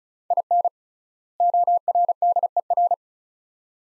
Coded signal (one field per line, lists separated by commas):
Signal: Morse code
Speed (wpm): 36 wpm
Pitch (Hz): 700 Hz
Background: none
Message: IN ORDER